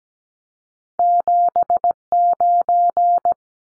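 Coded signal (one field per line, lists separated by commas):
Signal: Morse code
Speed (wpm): 17 wpm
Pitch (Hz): 700 Hz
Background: none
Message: 79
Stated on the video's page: Two-digit numbers sent at 17 wpm for head-copy drill, each sent, spoken, then sent again.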